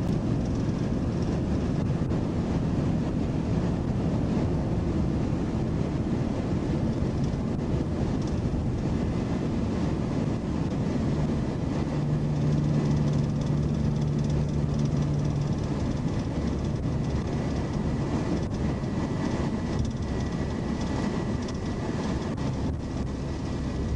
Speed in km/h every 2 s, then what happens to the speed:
163, 161, 156, 151, 148, 145, 145, 140, 138, 134, 130, 132.
0-24 slows to 132.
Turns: none.